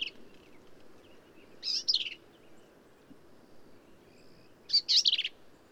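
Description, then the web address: Black-capped vireo song: short, harsh, chattering high phrases given about every three seconds, each a quick jumble of sweeping notes, over soft constant background noise. "birdsongforthecurious Black-capped Vireo"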